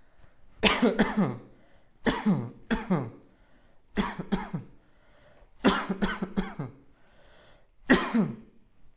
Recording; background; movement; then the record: voluntary coughing; quiet; sitting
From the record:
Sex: male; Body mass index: 20.5 kg/m2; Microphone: on the chest, facing outward